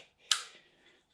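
During reassembly of a SIG P320 pistol being converted from 9mm to .45, the trigger is depressed and the slide is pushed all the way in and back onto the grip module frame. A single sharp click sounds at 0.3 s as the slide locks into place, then a short fading ring follows. The slide is seated and locked on the frame.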